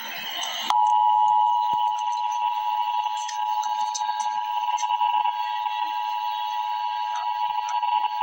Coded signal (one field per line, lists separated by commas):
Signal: Emergency Alert System (SAME) tones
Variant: 853 and 960 Hz attention tone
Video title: Emergency Alert System - Flood Watch - Apr 1, 2025 at 12:09 PM EDT